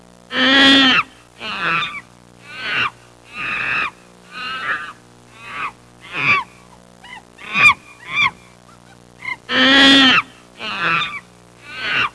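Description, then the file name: Monkey calls: a series of harsh, wavering hoots and squeals, some loud and broad, others brief, repeated about once a second over a steady background hum. "scimmie monkey"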